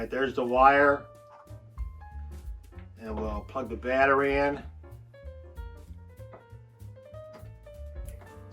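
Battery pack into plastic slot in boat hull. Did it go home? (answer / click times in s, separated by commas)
yes / 8.1 s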